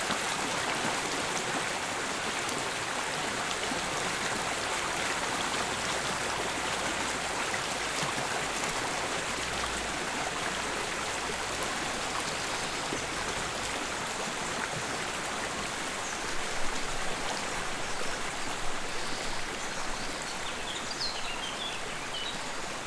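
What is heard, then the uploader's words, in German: A rushing brook fills the whole stretch with a steady, dense hiss that stays even from start to finish. Faint bright chirps, like crickets, flicker in the upper range, mostly toward the end, with a few slightly louder splashes around sixteen seconds. Die Aufnahmen zu dieser Sendung entstanden in Wien Ottakring, im oberösterreichischen Hausruckviertel, in Ober- und Mittelkärnten sowie an der slowenischen Küste.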